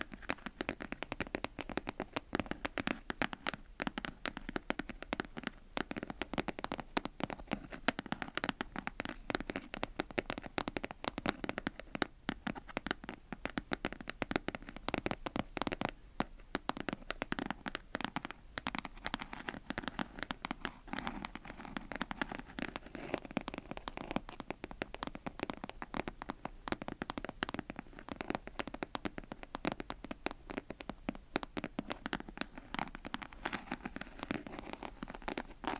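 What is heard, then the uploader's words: ASMR tapping: quick, dense taps, often in short rapid bursts, keep up almost without pause for the whole clip. Each tap is crisp, with a soft low thump beneath it. The pace stays steady, with a brief lull near the middle. ASMR Tapping.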